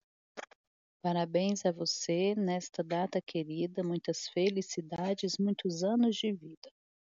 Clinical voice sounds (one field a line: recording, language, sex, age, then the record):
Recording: short text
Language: Brazilian Portuguese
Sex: female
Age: 30 to 39 years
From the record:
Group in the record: control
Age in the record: 36 years